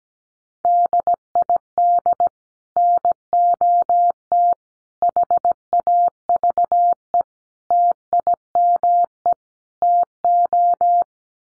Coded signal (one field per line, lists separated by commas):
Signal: Morse code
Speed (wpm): 17 wpm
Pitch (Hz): 700 Hz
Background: none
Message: DID NOT HAVE TIME TO